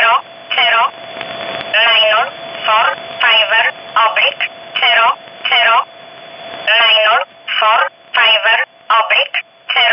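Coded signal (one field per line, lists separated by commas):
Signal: numbers station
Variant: E11 Oblique, English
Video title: 03 06 2019 E11 Oblique Numbers station in English 0640 on 15800 unknown tx site in USB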